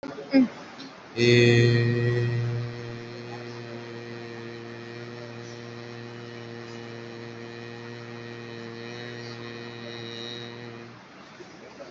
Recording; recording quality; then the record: sustained vowel as in made; excellent, no background noise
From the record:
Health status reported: COVID-19 positive, mild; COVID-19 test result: positive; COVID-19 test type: RT-PCR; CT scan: taken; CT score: 6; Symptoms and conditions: cough, cold, breathing difficulty, sore throat, fever, fatigue, muscle pain, loss of smell and taste, diarrhoea, diabetes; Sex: male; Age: 36 years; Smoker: yes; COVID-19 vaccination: both doses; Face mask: not worn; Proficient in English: yes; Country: India